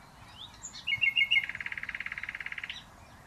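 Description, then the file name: Common nightingale song phrase: a few sharp high notes, then a fast, steady series of many loud pulsed notes, ending abruptly. "Luscinia megarhynchos"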